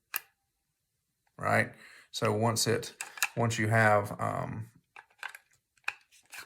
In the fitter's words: we'll take an unleaded magazine we will place it into the magazine well and I'll let you see it lock into place here